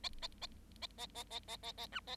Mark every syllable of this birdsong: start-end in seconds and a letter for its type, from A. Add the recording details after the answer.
0.03-0.09 A, 0.21-0.27 A, 0.41-0.47 A, 0.81-0.87 A, 0.98-1.06 A, 1.14-1.23 A, 1.30-1.40 A, 1.48-1.56 A, 1.63-1.72 A, 1.77-1.87 A, 1.92-2.00 B, 2.07-2.16 A. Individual Bird7